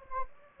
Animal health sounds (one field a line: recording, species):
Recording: mosquito wingbeat signal from an infrared sensor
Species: Anopheles gambiae